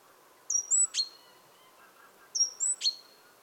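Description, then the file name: Great tit calls: a thin high whistle pair then a sharp note with a ringing tail, given twice about two seconds apart, with soft background hiss. "Parus major"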